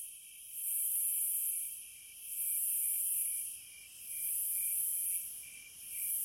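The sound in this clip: Cicada song, a loud high hissing buzz swelling and fading in long waves over a steady lower insect drone.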